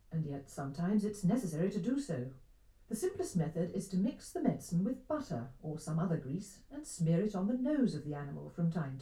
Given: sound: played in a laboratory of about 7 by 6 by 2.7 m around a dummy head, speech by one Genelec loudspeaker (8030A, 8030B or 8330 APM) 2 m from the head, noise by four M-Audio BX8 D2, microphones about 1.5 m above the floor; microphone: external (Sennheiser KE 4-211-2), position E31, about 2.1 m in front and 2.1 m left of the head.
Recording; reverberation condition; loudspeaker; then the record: female speech in English; low; 90 degrees to the left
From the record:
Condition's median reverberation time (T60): about 310 ms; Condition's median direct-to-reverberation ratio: about 3.5 dB